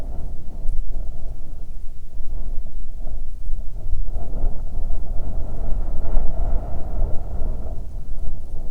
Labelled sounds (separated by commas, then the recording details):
wind
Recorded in the Prudhoe Bay oil fields, Alaska, on 9 June 2019 at 16:52
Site 21